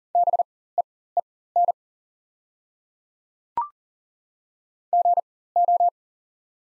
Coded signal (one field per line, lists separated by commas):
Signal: Morse code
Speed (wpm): 40 wpm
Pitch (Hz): 700 Hz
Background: none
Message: BEEN GO